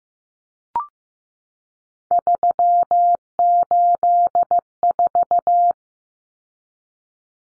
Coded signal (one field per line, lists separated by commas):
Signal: Morse code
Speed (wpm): 15 wpm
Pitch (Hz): 700 Hz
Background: none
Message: 384